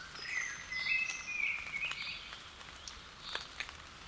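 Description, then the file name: Common blackbird giving a warbling phrase of sliding notes early on, with scattered clicks and background hiss. "Turdus merula"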